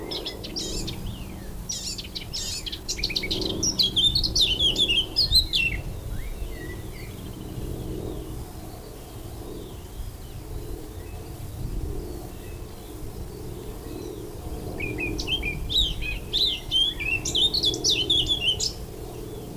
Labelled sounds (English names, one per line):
Eurasian Blackcap song